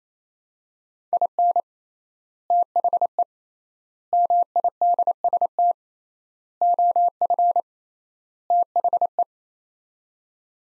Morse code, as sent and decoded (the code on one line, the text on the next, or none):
.. -. / - .... . / -- .. -.. ... - / --- ..-. / - .... .
IN THE MIDST OF THE